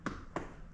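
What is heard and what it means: A snowboard binding strap piece is slid down so its hole meets the groove on the boot, giving two sharp snaps at 0.1 s and 0.4 s. The piece snaps into the boot groove and is seated.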